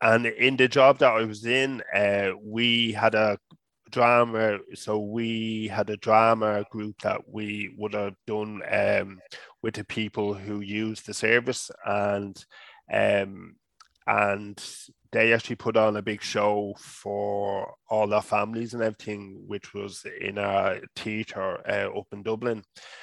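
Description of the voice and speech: Adult man who stutters speaking with drawn-out sounds, repeated fillers and hard glottal restarts, consistent with mild stuttering. He has been through a stuttering therapy program and practises open stuttering.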